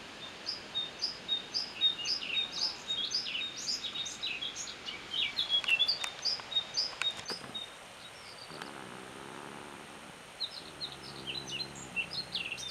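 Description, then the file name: Eurasian blackcap song: rapid, varied warbling notes tumbling quickly for several seconds, pausing, then resuming more faintly, with steady background hiss. "Sylvia atricapilla"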